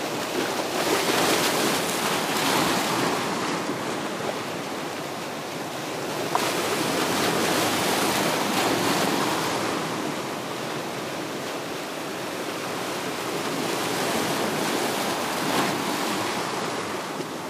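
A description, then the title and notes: High waves rush and slide through a breakwater of concrete blocks, a dense, continuous hiss of churning water. The wash swells and eases in slow surges, peaking around the start, near six seconds, and again near fifteen, with a low rumble underneath throughout. Waves sliding through the tetrapod. I tried recording high waves for the first time. There are surfers next to the tetrapod waiting for the high waves.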